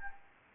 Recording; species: mosquito wingbeat signal from an infrared sensor; Anopheles gambiae